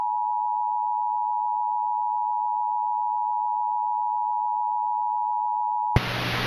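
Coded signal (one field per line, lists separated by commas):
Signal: Emergency Alert System (SAME) tones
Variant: 853 and 960 Hz attention tone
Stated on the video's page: Fictional requested mock EAS alert.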